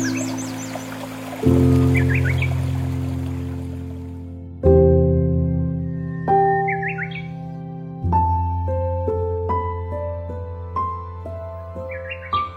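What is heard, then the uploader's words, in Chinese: Natural sounds: deep, ringing tones strike at about 1.5, 4.5, 8 and 9 seconds, each sustaining and slowly fading like struck bells or bowls, with lighter higher notes added later. Short chirping bird calls sound above them throughout. 自然音。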